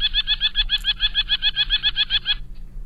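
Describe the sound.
Merlin call, a fast run of shrill, clipped notes repeated several times per second, even in pitch and spacing, lasting over two seconds and ending abruptly.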